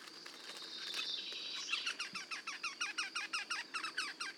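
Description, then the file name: Eurasian wryneck calls, a quick run of evenly spaced nasal notes after a brief thin whistle at the start. Two wrynecks calling together in a duet. "torcols en duo"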